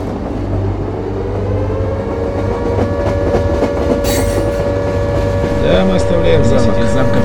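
A train going through Piskaryovka rolls steadily along the rails, a loud, continuous low rumble with repeated clickety-clack beats and droning tones, plus a brief metallic squeal toward the end.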